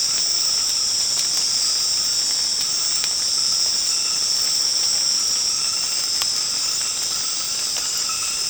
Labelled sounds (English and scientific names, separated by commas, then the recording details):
none
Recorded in secondary vegetation near Puerto Asís, Putumayo, Colombia, on 19 March 2025 at 22:30
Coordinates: 0.485, -76.322
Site G040